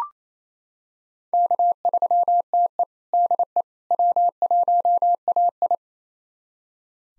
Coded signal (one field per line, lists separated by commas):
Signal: Morse code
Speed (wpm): 27 wpm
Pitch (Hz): 700 Hz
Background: none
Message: K3TE DE W1AI